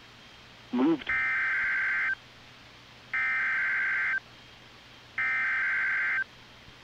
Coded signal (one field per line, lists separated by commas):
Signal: Emergency Alert System (SAME) tones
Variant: header bursts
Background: speech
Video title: NOAA Weather Radio KIH-42 Tornado Warning with Radar - 02/25/2018